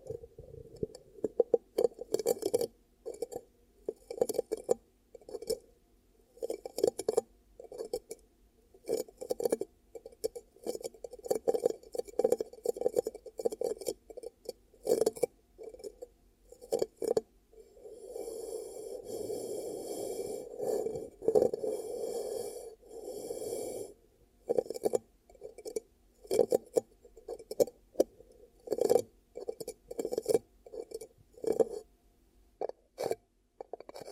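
Ear cupping sounds come as quick, muffled hollow pats in steady bursts, each topped with small crisp clicks and separated by short silences. From about 18 to 24 seconds the patting gives way to a continuous rubbing rustle, then the rhythmic cupping returns until the end.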